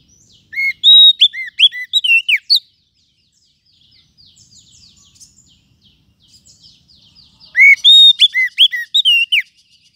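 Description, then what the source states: Lovebird calls: two bursts of shrill whistled chirps with overtones, each lasting about two seconds, with soft twittering in the long gap between. Lovebird call used as a lure (pikat) to attract lovebirds.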